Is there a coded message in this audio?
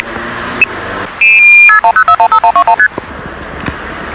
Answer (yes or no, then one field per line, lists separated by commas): yes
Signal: multi-frequency trunk signalling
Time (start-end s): 1.7-2.9 s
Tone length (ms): 90 ms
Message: KP210415121ST